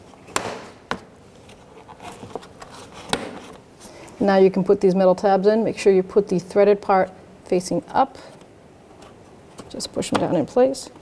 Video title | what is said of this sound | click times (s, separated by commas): How To Replace Grille 2006-2012 Toyota Rav4 | sure you snap it in all the way around | 0.4 s, 0.9 s, 3.1 s